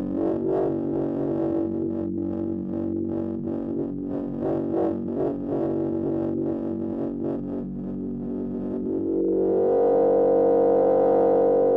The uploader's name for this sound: FM Swarm On Oscillator Bank